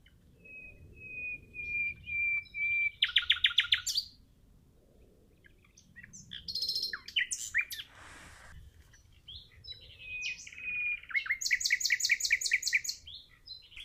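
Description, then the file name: Common nightingale song opening with several pure whistled notes that lead into a rapid hammered burst, later another whistle and a fast repeated-note phrase; a short rustling noise midway. "Luscinia megarhynchos"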